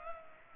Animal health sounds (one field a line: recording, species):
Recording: mosquito wingbeat signal from an infrared sensor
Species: Culex pipiens